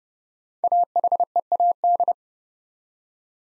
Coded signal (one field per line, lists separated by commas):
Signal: Morse code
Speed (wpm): 30 wpm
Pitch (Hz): 700 Hz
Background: none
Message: AHEAD